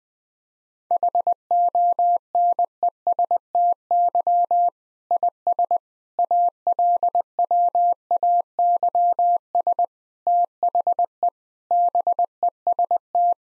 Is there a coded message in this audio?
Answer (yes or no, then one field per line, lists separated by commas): yes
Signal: Morse code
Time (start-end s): 0.9-13.3 s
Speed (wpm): 20 wpm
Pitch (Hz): 700 Hz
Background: none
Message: HONESTY IS ALWAYS THE BEST